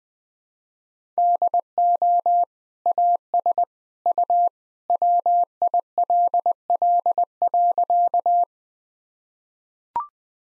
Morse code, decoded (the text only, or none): DO AS U WILL.